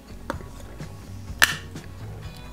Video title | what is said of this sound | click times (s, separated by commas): Build The FDNY Fire Truck Tower Ladder 9 1/24 Agora Models PACK 1 | ça s'installe tout simplement ici même ça se clipse pas besoin de colle | 0.3 s, 1.4 s